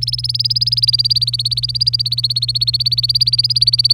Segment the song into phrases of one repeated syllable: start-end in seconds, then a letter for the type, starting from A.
0.01-3.94 A